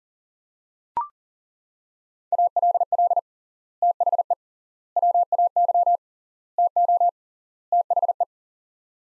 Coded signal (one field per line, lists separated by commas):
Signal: Morse code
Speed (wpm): 40 wpm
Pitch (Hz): 700 Hz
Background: none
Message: ALL THE WAY TO THE